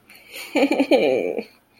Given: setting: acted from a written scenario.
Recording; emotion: vocal sound without words; disappointment